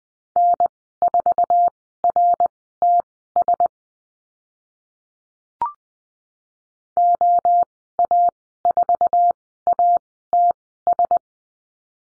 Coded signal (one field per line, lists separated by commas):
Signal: Morse code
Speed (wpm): 20 wpm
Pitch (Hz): 700 Hz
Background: none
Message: N4RTS OA4ATS